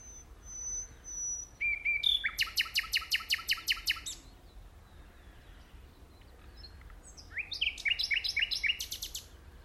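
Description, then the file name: Common nightingale song with a long fast trill of many repeated notes, a pause, then another rapid repeated run. "Luscinia megarhynchos"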